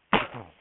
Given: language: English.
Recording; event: throat vibration sensor signal played as sound; cough